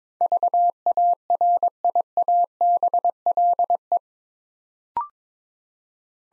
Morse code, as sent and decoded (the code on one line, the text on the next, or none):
...- .- .-. .. .- -... .-.. .
VARIABLE